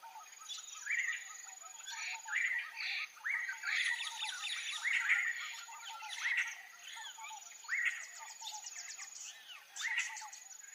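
Yellow-crowned gonolek calls: short sharp whistled notes at a similar pitch repeated at irregular intervals, joined by raspy higher sounds, over a steady high-pitched whine.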